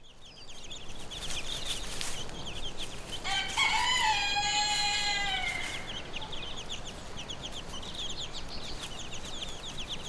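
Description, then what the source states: Chicken hen gives a drawn-out, harmonic call midway while chicks keep up a steady stream of high, thin peeps throughout. Hen with her chicks, recorded on Brownsea Island.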